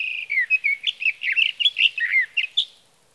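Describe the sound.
Sage thrasher delivering a quick, rambling warble of many short slurred notes, fairly high and changeable, with no other sounds noticeable.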